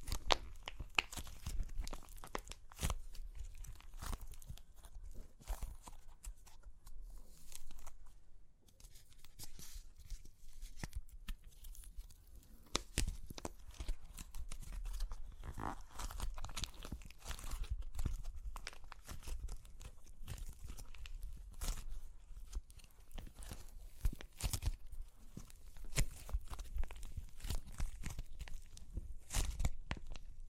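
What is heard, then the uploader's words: Dry clay cracks and crunches in a dense run of sharp snaps and crackles that continues for the whole half minute. The crisp bursts come irregularly, sometimes clustered, with a few louder cracks standing out, and a faint low rumble sits underneath. Super Crunchy Clay Cracking (No Talking).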